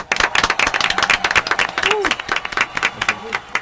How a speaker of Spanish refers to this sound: Llegó el momento de recibir con un fuerte aplauso en el estudio Auditorium de la radio